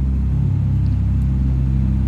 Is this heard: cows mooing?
no